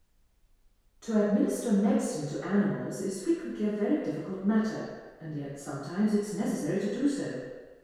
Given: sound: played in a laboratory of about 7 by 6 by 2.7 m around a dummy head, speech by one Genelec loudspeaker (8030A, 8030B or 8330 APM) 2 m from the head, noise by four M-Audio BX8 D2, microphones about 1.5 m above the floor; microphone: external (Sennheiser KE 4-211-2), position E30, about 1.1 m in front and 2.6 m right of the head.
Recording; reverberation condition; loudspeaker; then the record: female speech in English; high; 60 degrees to the left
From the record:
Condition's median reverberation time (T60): about 1300 ms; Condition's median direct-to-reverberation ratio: about -4.0 dB